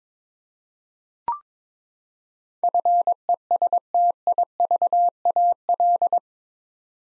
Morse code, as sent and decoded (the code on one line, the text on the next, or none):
..-. . ... - .. ...- .- .-..
FESTIVAL